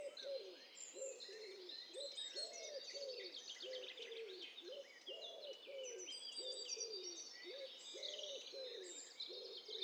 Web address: Hi Fi STEREO BIRD COCKTAIL PARTY Challenge SBCP TESTSET HDBird Cocktail Party